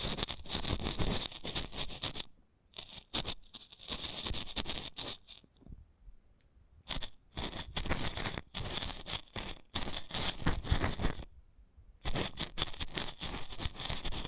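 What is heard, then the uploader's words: Eardrum massage sounds: dense bursts of bright scratching and scraping rubs, broken by brief silences near 2.5, 6, 11 and 12 seconds. ASMR Intimate Eardrum Massage.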